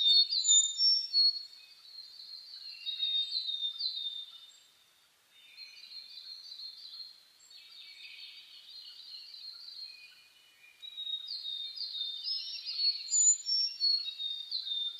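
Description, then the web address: Many birds singing, rapid high chirps and trills, loud at the start, dipping in the middle, then strong again toward the end. Dawn chorus (reimei) of birdsong (saezuri), recorded 10 May 2010 at 04:01. "reimei DH-D 50-saezuri-20100510-0401"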